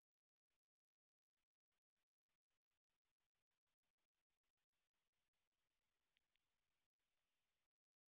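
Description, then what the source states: Brewer's sparrow song: very high, thin notes start slowly, speed up into a rapid trill, and end in a short buzzy trill. Several males singing or counter-singing in a high subalpine sagebrush meadow, Okanogan Mountains, sagebrush steppe of North America; mirthful, playful, bubbling voice; sings teetering on swaying sage-stalk tips.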